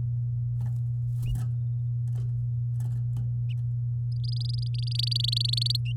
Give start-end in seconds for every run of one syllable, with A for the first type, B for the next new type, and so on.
4.24-5.77 A